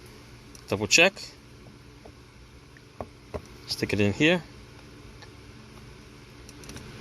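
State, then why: Not seated. An ignition switch assembly for a 1998 GMC Jimmy / Chevy Blazer is inserted and lined up in the steering column mount while someone talks. Only light handling ticks and taps are heard, including brief ones around 3.0 and 3.4 seconds. The assembly is positioned but not yet pushed home, and nothing has seated or clicked yet.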